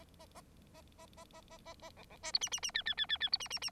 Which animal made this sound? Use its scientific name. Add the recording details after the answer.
Lonchura striata domestica. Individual Bird9